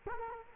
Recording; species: mosquito wingbeat signal from an infrared sensor; Culex quinquefasciatus